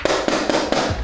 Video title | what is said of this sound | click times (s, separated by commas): JSAUX SWITCH 2 ACCESSORIES- MEGA REVIEW | So, right there, it's going to go ahead and it clips into place. You hear it click. | 0.1 s, 0.5 s